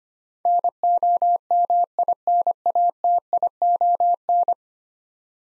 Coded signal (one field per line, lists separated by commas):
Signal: Morse code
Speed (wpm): 25 wpm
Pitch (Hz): 700 Hz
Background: none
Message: NOMINATION